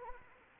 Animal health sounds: mosquito wingbeat signal from an infrared sensor; Anopheles arabiensis

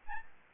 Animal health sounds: mosquito wingbeat signal from an infrared sensor; Aedes albopictus

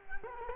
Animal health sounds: mosquito wingbeat signal from an infrared sensor; Culex quinquefasciatus

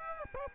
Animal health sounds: mosquito wingbeat signal from an infrared sensor; Aedes aegypti

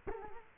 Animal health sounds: mosquito wingbeat signal from an infrared sensor; Culex quinquefasciatus

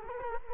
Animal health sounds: mosquito wingbeat signal from an infrared sensor; Culex quinquefasciatus

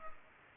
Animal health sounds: mosquito wingbeat signal from an infrared sensor; Culex pipiens

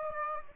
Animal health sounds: mosquito wingbeat signal from an infrared sensor; Aedes aegypti

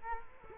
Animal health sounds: mosquito wingbeat signal from an infrared sensor; Culex quinquefasciatus

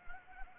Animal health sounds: mosquito wingbeat signal from an infrared sensor; Anopheles gambiae

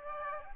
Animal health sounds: mosquito wingbeat signal from an infrared sensor; Aedes aegypti

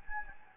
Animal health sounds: mosquito wingbeat signal from an infrared sensor; Anopheles gambiae

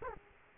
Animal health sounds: mosquito wingbeat signal from an infrared sensor; Culex quinquefasciatus

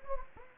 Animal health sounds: mosquito wingbeat signal from an infrared sensor; Anopheles gambiae

